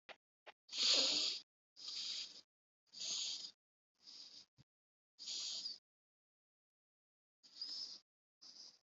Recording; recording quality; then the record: shallow breathing; excellent, no background noise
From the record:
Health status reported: healthy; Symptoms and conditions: none ticked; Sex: male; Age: 56 years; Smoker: not ticked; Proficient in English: yes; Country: India